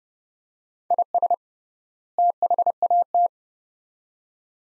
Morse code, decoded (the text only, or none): IS THAT